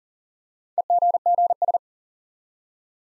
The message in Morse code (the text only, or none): EGGS